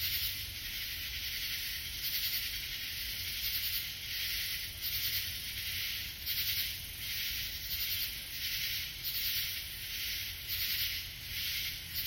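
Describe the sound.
Katydid call, a high scratchy buzz broken into repeated swelling pulses.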